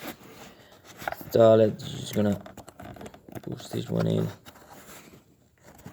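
A headlight bulb for a Nissan Pathfinder is handled at the headlight housing during replacement while someone talks. Light plastic handling noises and a few small taps come between the words. Nothing has seated or clicked yet.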